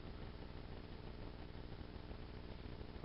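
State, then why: Not seated. A plastic toy part is pushed toward its slot on a toy figure or accessory during an unboxing, but it does not latch and just hangs out loosely. Only a steady, even hiss cut off above about 5.5 kHz is heard, with no sharp sounds. Nothing has seated or clicked yet.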